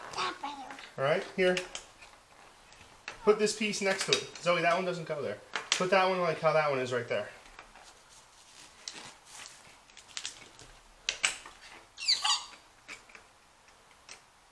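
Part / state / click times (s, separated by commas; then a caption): plastic building block onto a toy vehicle / partly seated / 11.1 s. Someone talks while a child presses a plastic Mega Bloks building block onto a Paw Patrol Ride & Rescue toy vehicle build, but it doesn't go fully down, so an adult takes over to snap it. Several short plastic taps sound through the second half, with the snap click at about 11.1 s. The block ends up only partly snapped on.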